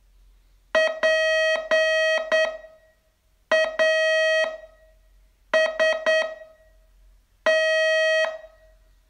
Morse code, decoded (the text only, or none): PAST